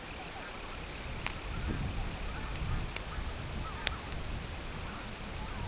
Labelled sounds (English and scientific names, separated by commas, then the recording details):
Semipalmated Sandpiper (Calidris pusilla), unidentified sound
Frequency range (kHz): Semipalmated Sandpiper (Calidris pusilla) 1.9-3.2 kHz
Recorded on Arctic tundra, site CORI-1, on 12 June 2018
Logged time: 08:00